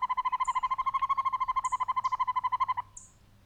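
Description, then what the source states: Northern hawk-owl giving a rapid rolling trill of hollow hoots for nearly three seconds before stopping. Hooting male, American hawk-owl form.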